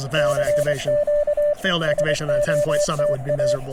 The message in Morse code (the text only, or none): CQ SOTA